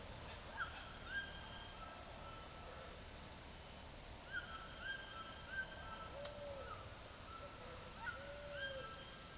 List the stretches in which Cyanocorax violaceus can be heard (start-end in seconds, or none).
none